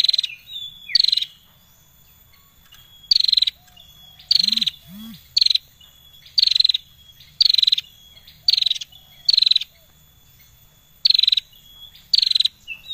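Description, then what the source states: Bar-winged prinia giving short buzzy chattering phrases about once a second, briefly falling in pitch, interrupted once by two low arched hoots, with a faint continuous high whine. Known in Indonesian as prenjak lancur; a persistently singing bird, recorded as song material for training songbirds.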